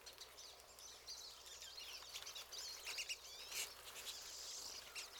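Pine siskins calling: buzzy wheezes and quick twitters over continuous high chatter from a group of birds.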